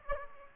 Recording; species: mosquito wingbeat signal from an infrared sensor; Aedes aegypti